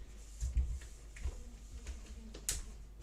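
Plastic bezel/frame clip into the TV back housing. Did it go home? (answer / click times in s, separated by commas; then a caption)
yes / 2.5 s. A plastic frame/bezel clip that was popping out of the back housing of a reassembled TV, after backlight repairs, is pressed back in by hand. Faint handling taps and ticks come first, then a sharp, bright click at 2.5 s as the clip snaps into place and is seated.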